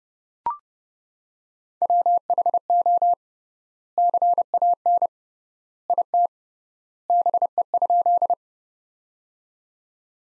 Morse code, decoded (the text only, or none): WHO CAN IT BE?